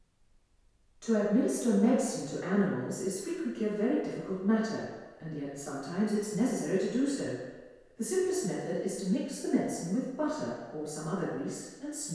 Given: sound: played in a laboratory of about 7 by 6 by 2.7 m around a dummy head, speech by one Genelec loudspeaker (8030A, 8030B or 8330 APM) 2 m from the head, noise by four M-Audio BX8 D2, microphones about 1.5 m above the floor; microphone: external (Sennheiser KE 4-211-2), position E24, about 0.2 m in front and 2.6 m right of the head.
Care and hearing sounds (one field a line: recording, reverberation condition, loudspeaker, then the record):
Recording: female speech in English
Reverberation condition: high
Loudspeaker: 150 degrees to the left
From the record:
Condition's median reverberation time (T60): about 1300 ms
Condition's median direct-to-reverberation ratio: about -4.0 dB